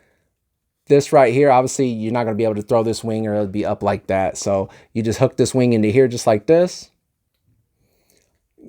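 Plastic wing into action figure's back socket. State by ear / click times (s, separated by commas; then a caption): not seated / none. Someone talks while hooking a plastic wing into the socket on the back of a McFarlane DC Multiverse Hawkman Collectors Edition action figure, lining it up before pushing it in, since just throwing the wing on would leave it sitting up. Speech fills most of the clip, then it goes quiet except for a few faint ticks around 8.1 to 8.2 s. Nothing has seated or clicked yet.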